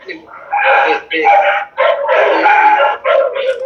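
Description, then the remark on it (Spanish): A dog barks in about four long, drawn-out bursts, loud and tonal with a high, almost howling edge, each separated by a brief pause, picked up through a participant's open microphone. “El perro ladrando que habla mucho.”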